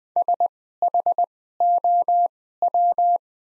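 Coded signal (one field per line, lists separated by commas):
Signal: Morse code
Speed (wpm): 20 wpm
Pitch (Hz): 700 Hz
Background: none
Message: SHOW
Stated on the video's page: Morse practice set of top 500 words at 20 wpm with Farnsworth-style double character spacing.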